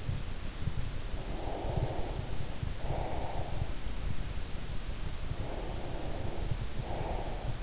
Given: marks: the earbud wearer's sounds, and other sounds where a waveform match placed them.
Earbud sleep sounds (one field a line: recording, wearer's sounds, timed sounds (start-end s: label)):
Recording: sounds in sleep by an in-ear microphone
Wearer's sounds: breath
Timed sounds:
1.18-3.75 s: breath
5.19-7.63 s: breath